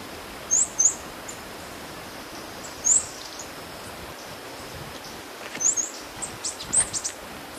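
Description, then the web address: Metallic-green tanager giving very high, thin, sharp call notes in pairs and singles, a quicker cluster near the end, over a steady hissing background. Recorded in Ecuador. "Natures Songs S America Birds of Ecuador. Metallic-Green Tanager"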